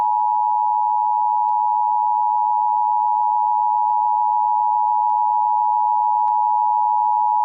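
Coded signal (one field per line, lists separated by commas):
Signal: Emergency Alert System (SAME) tones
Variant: 853 and 960 Hz attention tone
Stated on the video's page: San Diego monthly tests and a weekly test from a broadcast station.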